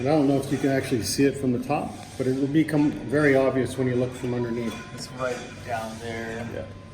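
A lower crash bar on a BMW R1200GS LC is being handled, flexed gently so its bolt can drop into the matching hole in the motorcycle frame, while someone talks throughout. Nothing has seated or clicked yet; the clip ends before the bolt goes home.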